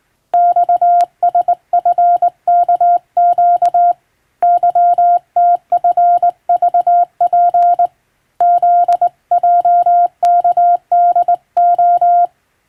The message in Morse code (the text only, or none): XSFKQ YTFVP ZJKDO